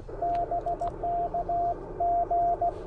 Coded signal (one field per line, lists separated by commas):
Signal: Morse code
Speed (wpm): 16 wpm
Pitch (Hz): 690 Hz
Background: radio noise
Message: BK G